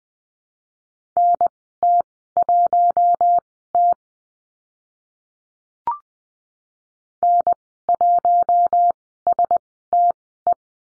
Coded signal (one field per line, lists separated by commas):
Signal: Morse code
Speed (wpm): 19 wpm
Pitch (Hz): 700 Hz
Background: none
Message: NT1T N1STE